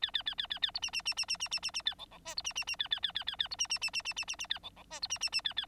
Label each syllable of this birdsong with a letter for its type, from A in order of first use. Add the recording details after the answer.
A A A A A A B C C C C C C C C C A D D E B C C C A A A A A A B C C C C C C C C A D D E B C C C A A. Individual Bird9